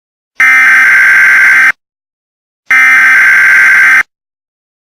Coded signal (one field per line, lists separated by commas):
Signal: Emergency Alert System (SAME) tones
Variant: header bursts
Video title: EAS Chitown flying objects